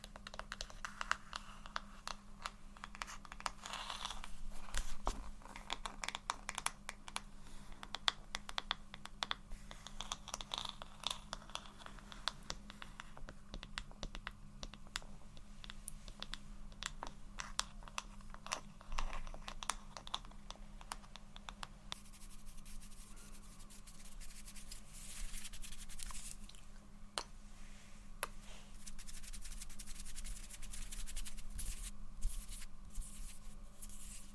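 Soft, gentle tapping and scratching runs throughout in dense, irregular clicks over a low steady hum, turning sparser and sharper after about 22 seconds.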